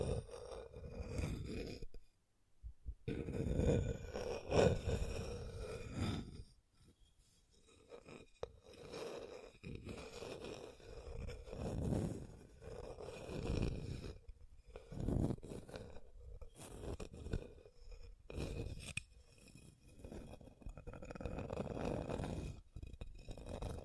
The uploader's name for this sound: Scratching & Tracing